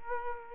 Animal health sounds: mosquito wingbeat signal from an infrared sensor; Culex quinquefasciatus

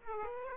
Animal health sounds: mosquito wingbeat signal from an infrared sensor; Aedes aegypti

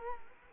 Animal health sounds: mosquito wingbeat signal from an infrared sensor; Culex quinquefasciatus

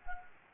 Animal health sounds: mosquito wingbeat signal from an infrared sensor; Anopheles gambiae

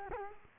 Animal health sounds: mosquito wingbeat signal from an infrared sensor; Culex quinquefasciatus

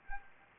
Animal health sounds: mosquito wingbeat signal from an infrared sensor; Anopheles arabiensis

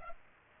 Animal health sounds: mosquito wingbeat signal from an infrared sensor; Culex pipiens

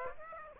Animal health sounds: mosquito wingbeat signal from an infrared sensor; Aedes aegypti

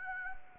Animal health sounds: mosquito wingbeat signal from an infrared sensor; Anopheles arabiensis

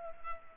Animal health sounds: mosquito wingbeat signal from an infrared sensor; Culex pipiens

